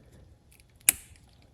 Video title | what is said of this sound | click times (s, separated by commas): Replace Toyota Camry Master Brake Cylinder - 1997-2007 | end and align it properly and push it in until it clicks and is locked in place. | 0.9 s